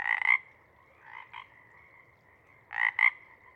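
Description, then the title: Pacific chorus frog croaks, a loud call at the start and a loud two-part call at the end, with softer calls between and a faint steady chorus behind. Chorus at a pond in pre-morning twilight as late night wanes; temperature torpor sets in, individuals leave to hunt; full chorus breaks into waves circling the pond, then staccato sections tapering away. "Chorus Frogs, Chorus Waxes and Wanes, pre-morning-twilight"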